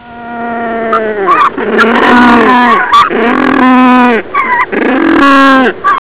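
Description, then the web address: Penguin calls: loud, harsh, braying notes rich in harmonics, drawn-out cries in several bursts with brief pauses between them. "gmedina pinguins"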